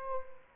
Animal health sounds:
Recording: mosquito wingbeat signal from an infrared sensor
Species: Culex quinquefasciatus

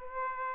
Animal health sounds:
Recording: mosquito wingbeat signal from an infrared sensor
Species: Aedes aegypti

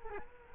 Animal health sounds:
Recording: mosquito wingbeat signal from an infrared sensor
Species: Culex quinquefasciatus

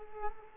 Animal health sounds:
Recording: mosquito wingbeat signal from an infrared sensor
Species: Culex quinquefasciatus

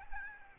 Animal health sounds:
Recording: mosquito wingbeat signal from an infrared sensor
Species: Aedes albopictus

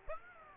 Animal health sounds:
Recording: mosquito wingbeat signal from an infrared sensor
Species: Aedes aegypti

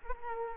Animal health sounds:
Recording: mosquito wingbeat signal from an infrared sensor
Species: Culex quinquefasciatus

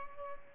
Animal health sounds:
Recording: mosquito wingbeat signal from an infrared sensor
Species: Culex pipiens

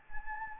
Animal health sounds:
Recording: mosquito wingbeat signal from an infrared sensor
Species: Anopheles gambiae

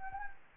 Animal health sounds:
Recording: mosquito wingbeat signal from an infrared sensor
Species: Anopheles gambiae

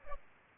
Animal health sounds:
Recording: mosquito wingbeat signal from an infrared sensor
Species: Aedes albopictus

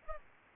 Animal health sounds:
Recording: mosquito wingbeat signal from an infrared sensor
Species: Aedes albopictus

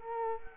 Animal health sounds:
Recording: mosquito wingbeat signal from an infrared sensor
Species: Culex quinquefasciatus

